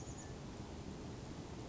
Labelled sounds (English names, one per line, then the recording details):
Chestnut-backed Chickadee
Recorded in Sonoma County, California